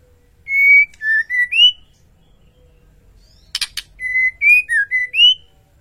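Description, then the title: White-rumped shama song with two bursts of fluty whistles that step down then rise, broken by a dense cluster of crisp clicks. Cage-bird masteran training track, song described as full ngerol nembak. "Masteran Murai Batu Full Ngerol Nembak"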